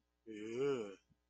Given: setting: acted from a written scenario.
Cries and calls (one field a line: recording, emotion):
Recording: vocal sound without words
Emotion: disgust